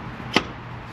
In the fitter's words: so once you get to this point you just want to go ahead and push it as straight as you can until you hear a pop that's how you know it's in